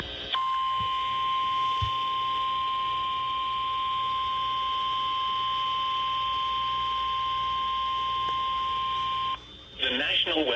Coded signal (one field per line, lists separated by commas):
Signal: Emergency Alert System (SAME) tones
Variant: 1050 Hz attention tone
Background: speech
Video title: EAS Severe Thunder Storm Warning EAS#272